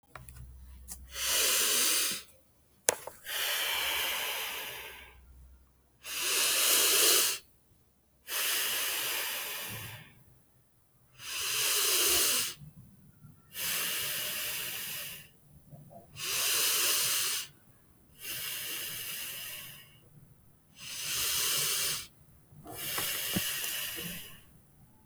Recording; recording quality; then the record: deep breathing; excellent, no background noise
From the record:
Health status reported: healthy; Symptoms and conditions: cough, diabetes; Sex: female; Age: 38 years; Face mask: not worn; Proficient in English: yes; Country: India